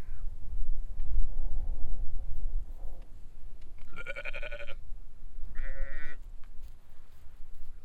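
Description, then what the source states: Sheep giving two short bleats in the second half, partly masked by strong gusting wind noise. Large flock on a windy hill at a sheep pasture in Hupperdange, baaing at a stranger on the road.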